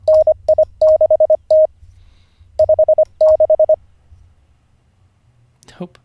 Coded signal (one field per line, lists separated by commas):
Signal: Morse code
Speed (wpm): 25 wpm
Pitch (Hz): 620 Hz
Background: speech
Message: NI6T 56